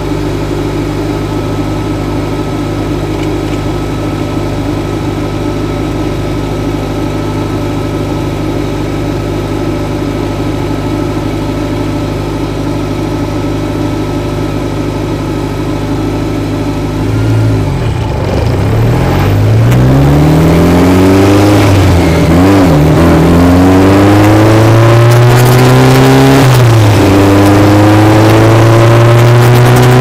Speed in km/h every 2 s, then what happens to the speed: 0, 0, 0, 0, 0, 0, 0, 0, 8, 24, 31, 47, 56, 66, 77.
0-15 standing. 15-30 pulls away to 77.